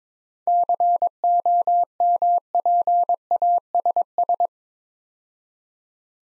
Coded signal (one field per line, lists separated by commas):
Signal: Morse code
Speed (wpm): 24 wpm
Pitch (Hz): 700 Hz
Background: none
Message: COMPASS